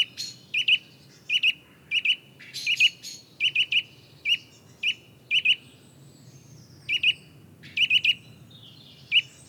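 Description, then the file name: Eurasian nuthatch giving loud, clear 'tuit' calls, mostly in doubled notes, repeated irregularly over several seconds. "Sitta europaea"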